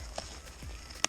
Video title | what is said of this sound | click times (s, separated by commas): Atomic/Salomon Shift Binding Review: How To Use and How To Overcome Difficulties When Using Them | make sure it clicks, then the white one down, hold that down, | 1.0 s